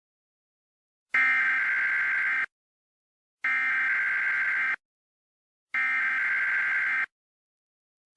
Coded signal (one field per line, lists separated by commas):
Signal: Emergency Alert System (SAME) tones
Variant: header bursts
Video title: EAS Scenario: Sanitized Desti